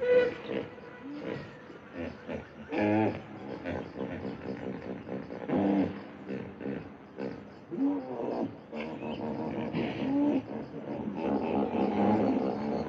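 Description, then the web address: Hippopotamus honks: repeated deep, tonal bellows that rise and fall, mixed with rough grunting pulses, building to a sustained louder section at the end. A large hippopotamus in the wild making strange sounds. "a large hippopotamus makes strange sounds in the wild"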